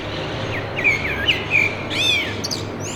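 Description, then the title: Common blackbird's song: slurred, flute-like whistles followed by a burst of high, scratchy twittering, with a low background rumble. Recorded from a balcony during Covid-19 confinement, bird singing to defend its territory; identity confirmed by a biologist. "merla"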